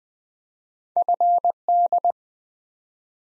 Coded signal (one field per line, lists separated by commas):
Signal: Morse code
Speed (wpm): 20 wpm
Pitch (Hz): 700 Hz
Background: none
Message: FD